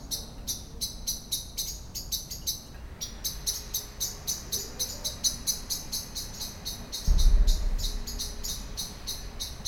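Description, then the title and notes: Common blackbird scolding: rhythmic chinking, about four notes a second, continuing as a brief rushing noise passes. Excited scolding while flying from tree to tree; Lütticher Straße, Cologne, in the morning; cyclists and pedestrians on the sidewalk in the background; nearfield recording. "cologne, lütticherstrasse, amsel. amsel aufgeregt schimpfend fliegt von baum zu baum, im hintergrund fahrradfahrer und fussgänger auf dem bürgersteig, morgens"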